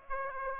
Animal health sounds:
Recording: mosquito wingbeat signal from an infrared sensor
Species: Aedes aegypti

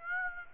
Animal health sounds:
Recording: mosquito wingbeat signal from an infrared sensor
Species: Aedes aegypti

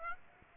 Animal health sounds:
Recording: mosquito wingbeat signal from an infrared sensor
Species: Aedes aegypti

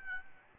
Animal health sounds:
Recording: mosquito wingbeat signal from an infrared sensor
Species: Aedes albopictus

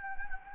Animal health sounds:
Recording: mosquito wingbeat signal from an infrared sensor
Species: Anopheles gambiae

